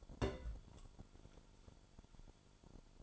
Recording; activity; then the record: daily activity, microphone in the room; place on stove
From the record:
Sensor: 5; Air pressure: 1008.2 hPa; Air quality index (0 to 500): 125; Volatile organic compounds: 1 ppm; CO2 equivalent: 961 ppm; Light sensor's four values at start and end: 29/64/26/26 and 30/66/27/27